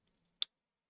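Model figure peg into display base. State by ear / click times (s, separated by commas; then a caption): seated / 0.4 s. A plastic model figure is pressed onto its display base by a peg and snaps home with a single sharp click at 0.4 s. Before it, there is only a faint low hum. The figure is seated on the base.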